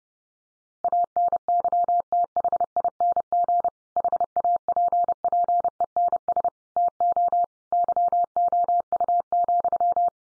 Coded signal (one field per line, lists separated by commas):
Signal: Morse code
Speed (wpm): 30 wpm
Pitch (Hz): 700 Hz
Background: none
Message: ANYTHING HAPPENS TO YOU,